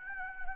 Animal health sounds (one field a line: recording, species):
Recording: mosquito wingbeat signal from an infrared sensor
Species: Anopheles arabiensis